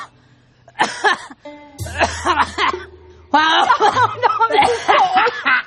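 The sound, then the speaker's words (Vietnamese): A run of throaty, voiced coughs in irregular bursts, some strained and almost chuckling in tone, fairly loud over a low steady hum, from a sick person coughing while reading a letter aloud. “Sao bình thường nói chuyện không ho, sao đọc thư lại ho vậy trời?”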